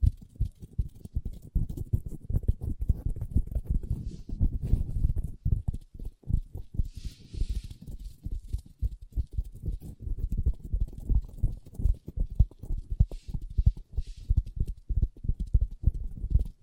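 Long nails tap and scratch on a tabletop in a dense, steady flurry of quick clicks that runs the whole 17 seconds with no real pause. The taps are mostly low and knocking, with a few brief, brighter scraping strokes around 5, 7 and 13 seconds.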